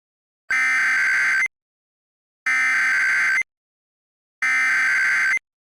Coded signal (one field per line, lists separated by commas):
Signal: Emergency Alert System (SAME) tones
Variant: header bursts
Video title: EAS Mock 37: 911 Outage